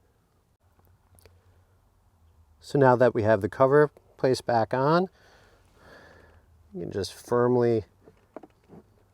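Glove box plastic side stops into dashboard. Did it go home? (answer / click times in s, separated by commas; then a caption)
no / none. On a 10th-generation Honda Accord 2.0, with the cabin air filter cover placed back on, the glove box is being handled so its two plastic side stops can snap back behind the dashboard stops while someone talks. Only a few faint taps sit under the voice, and nothing has seated or clicked yet.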